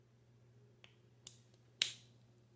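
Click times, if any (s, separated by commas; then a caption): 1.8 s. A plastic part of a transforming toy figure is moved through a transformation step on the figure's other side, with a faint tick near 0.8 s and a sharper click at 1.3 s over a steady low hum. A loud, bright snap at 1.8 s marks the part snapping into place, seated.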